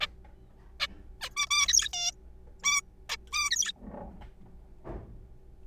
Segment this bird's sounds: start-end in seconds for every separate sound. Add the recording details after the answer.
0.01-0.07, 0.80-0.87, 1.21-1.29, 1.37-1.46, 1.51-1.68, 1.68-1.88, 1.93-2.11, 2.63-2.81, 3.09-3.17, 3.33-3.50, 3.51-3.72. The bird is a juvenile. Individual R3428